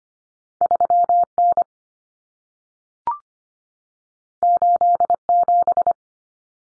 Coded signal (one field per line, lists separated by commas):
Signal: Morse code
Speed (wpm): 25 wpm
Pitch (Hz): 700 Hz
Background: none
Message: 3N 87